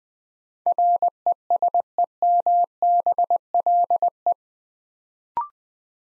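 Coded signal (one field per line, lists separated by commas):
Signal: Morse code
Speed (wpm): 20 wpm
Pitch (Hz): 700 Hz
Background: none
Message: RESEMBLE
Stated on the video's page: Morse practice at 20 wpm building 8-letter words two letters at a time.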